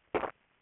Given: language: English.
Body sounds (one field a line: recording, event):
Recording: throat vibration sensor signal played as sound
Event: swallow